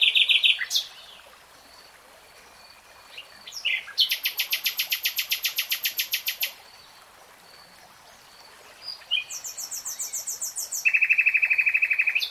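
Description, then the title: Nightingale song: a sharp opening, then a long, steady, rattling trill of many repeated notes, a pause, and two more fast rattling runs at different pitches. Three-hour real-time recording. "[Tiếng chim hót] 3 Hours REALTIME Nightingale Singing"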